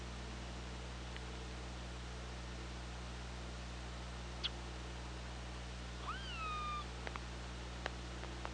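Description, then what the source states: Killer whale call: a short harmonic tone that sweeps up and then levels off, with scattered sharp clicks over a steady low underwater hum. Hydrophone at OrcaLab, 24 August 2017, 15:35.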